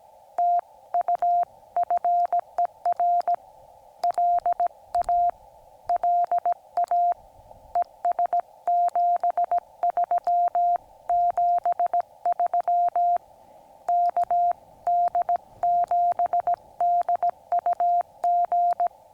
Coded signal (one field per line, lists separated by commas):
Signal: Morse code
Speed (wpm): 17 wpm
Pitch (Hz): 700 Hz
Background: none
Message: TU FER LA LA ES 73 73 KD7DUG